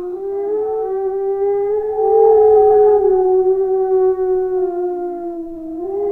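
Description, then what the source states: Dog howling steadily on one wavering pitch, loudening in the middle and rising slightly at the close. Very large black-furred dog.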